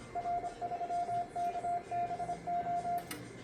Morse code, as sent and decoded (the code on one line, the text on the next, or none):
.-. ...-- -.- -... ---
R3KBO